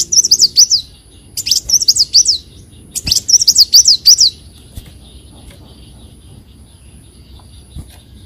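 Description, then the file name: Leafbird delivering three quick bursts of high, looping whistled notes in the first half, followed by near silence with a faint background hum. "Tieng chim xanh tim"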